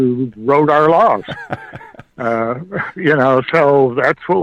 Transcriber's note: laughs